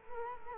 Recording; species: mosquito wingbeat signal from an infrared sensor; Culex quinquefasciatus